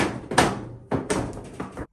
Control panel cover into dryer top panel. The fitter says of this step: place where it's supposed to be and just kind of closing the panel till it clicks